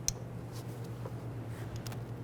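A wiring harness connector is pushed onto a new ignition coil on the engine of a 1998–2002 Honda Accord, and it locks in with a sharp click at 0.1 s. A few fainter ticks follow around 1.8–1.9 s over a steady low hum. The connector is seated.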